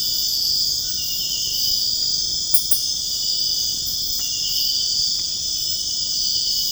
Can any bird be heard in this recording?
no